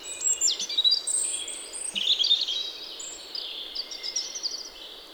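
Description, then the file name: European robin song: fast jumbled high warbling, sweet thin notes and short trills tumbling up and down without pause, with a constant hiss behind. "Erithacus rubecula"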